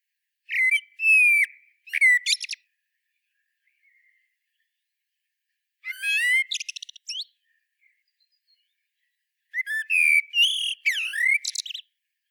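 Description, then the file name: Common blackbird song in three phrases with pauses between, each opening with low fluty whistles and closing with high squeaky, chattering twitters; nothing else audible. "Turdus merula"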